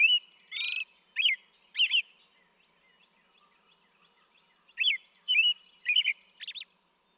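American robin song of rich whistled, up-and-down phrases with a buzzy note near the start, a pause, then a further run of phrases.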